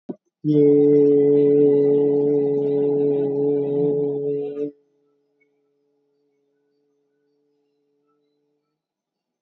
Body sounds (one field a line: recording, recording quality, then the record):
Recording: sustained vowel as in made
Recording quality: excellent, no background noise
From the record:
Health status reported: recovered from COVID-19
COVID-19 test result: positive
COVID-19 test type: RT-PCR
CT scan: taken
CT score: 8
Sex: male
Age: 38 years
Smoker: no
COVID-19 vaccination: one dose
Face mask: not worn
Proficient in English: yes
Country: India